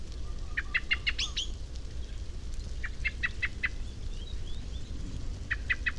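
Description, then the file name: Common blackbird chattering calls, bursts of a few sharp chinking notes with pauses between bursts, a louder harsh note early on, and low background rumble. "Turdus merula"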